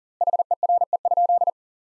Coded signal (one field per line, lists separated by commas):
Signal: Morse code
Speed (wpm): 40 wpm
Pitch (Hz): 700 Hz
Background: none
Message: HERE?